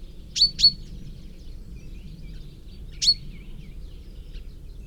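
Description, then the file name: Common chaffinch with two quick sharp call notes, then a single one about two seconds later, against a steady low background hum. "Fringilla coelebs"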